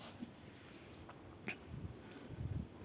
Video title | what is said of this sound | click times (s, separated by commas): Samsung washing machine ka spin motor Kaise change Karen//# | देख सकते हैं किस तरीके से लॉक हम लोग खींच रहे हैं तो बैठ रहा है। | 1.5 s, 2.1 s